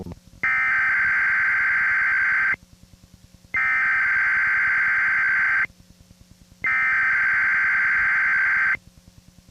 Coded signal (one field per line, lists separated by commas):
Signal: Emergency Alert System (SAME) tones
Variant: header bursts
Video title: PBS Kids Program Break (2003 WHRM) Incomplete with EAS Required Weekly Test